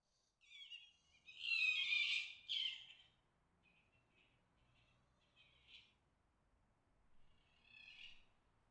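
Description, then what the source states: Fox giving loud, rasping scream calls, then a string of fainter short cries, with soft background hiss. Mating call.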